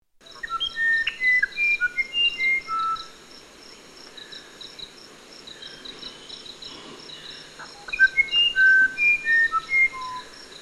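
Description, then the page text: Musician Wren singing two bursts of clear, flute-like whistles at shifting pitches, several seconds apart, with a constant shrill insect hum throughout. "Musician Wren From British Library - wildlife sounds"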